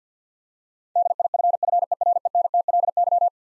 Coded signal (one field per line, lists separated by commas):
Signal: Morse code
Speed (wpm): 50 wpm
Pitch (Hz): 700 Hz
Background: none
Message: DIFFERENTLY